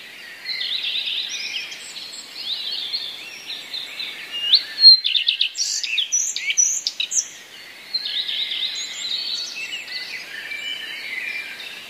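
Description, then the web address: Common redstart song with mimicry: steady twittering, with one louder phrase of varied chirps and trills midway. Song containing mimicry borrowed from other passerine birds. "wroblowe zapozyczenia pleszka"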